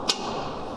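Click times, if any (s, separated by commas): 0.1 s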